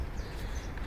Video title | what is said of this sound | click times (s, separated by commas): Unboxing BOSCH air blower #entevlogs #adhiz_pa_97 #qatarvlogger @boschqatar5643 | അമർത്തി പിടിച്ച് lock കണ്ടോ അപ്പൊ ലോക്ക് ആയി അപ്പൊ നമുക്ക് കണ്ടിന്യൂസ് ആയിട്ട് | 0.8 s